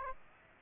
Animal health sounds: mosquito wingbeat signal from an infrared sensor; Aedes aegypti

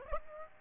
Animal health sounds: mosquito wingbeat signal from an infrared sensor; Aedes aegypti

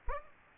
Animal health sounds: mosquito wingbeat signal from an infrared sensor; Aedes aegypti

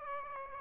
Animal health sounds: mosquito wingbeat signal from an infrared sensor; Aedes aegypti

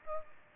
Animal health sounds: mosquito wingbeat signal from an infrared sensor; Aedes aegypti

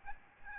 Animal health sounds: mosquito wingbeat signal from an infrared sensor; Aedes albopictus

